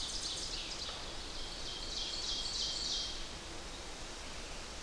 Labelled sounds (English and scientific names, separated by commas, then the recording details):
Ovenbird (Seiurus aurocapilla) song
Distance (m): 50 m
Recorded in boreal forest in Alberta, Canada, on 8 June 2016 at 06:18
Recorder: SongMeter 3, array SBT-3-9
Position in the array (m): 89 m, 89 m
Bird 34